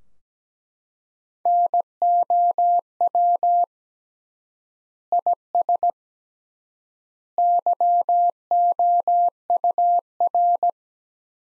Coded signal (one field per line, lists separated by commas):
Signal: Morse code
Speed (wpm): 17 wpm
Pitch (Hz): 700 Hz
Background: none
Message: NOW IS YOUR